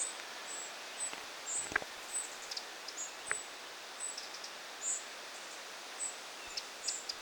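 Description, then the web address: Eurasian wren calls: soft, very high single notes repeated roughly every half second to second, with a couple of faint clicks and steady background hiss. Wren brood: a parent and at least five young, recorded 9 August 2026. "9 8 2026 peukaloinen pesue emo ja ainakin viisi poikasta"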